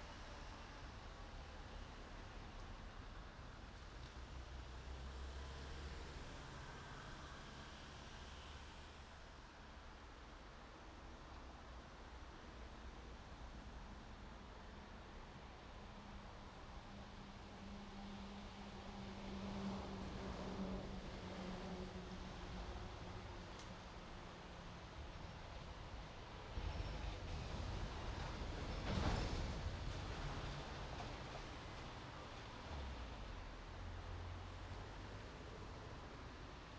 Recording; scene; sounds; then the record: everyday scene through a hearing-aid microphone; in traffic; traffic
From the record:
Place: main road on the outskirts, rush hour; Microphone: in the ear canal, right